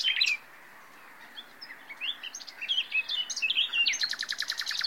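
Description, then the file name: Common nightingale song: a brief high warbled phrase, a pause, then varied chirps ending in a fast, evenly repeated burst of sharp notes. "Luscinia megarhynchos"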